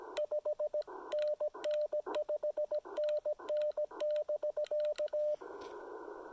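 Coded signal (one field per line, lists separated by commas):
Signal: Morse code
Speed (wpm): 17 wpm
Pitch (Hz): 600 Hz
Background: radio noise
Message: 5NN 5NN <BK>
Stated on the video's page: State park activation with Icom IC-705 and EFT-MTR end-fed antenna.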